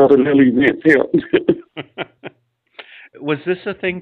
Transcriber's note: laughing